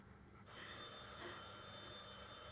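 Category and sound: signal or alarm, telephone bell ringing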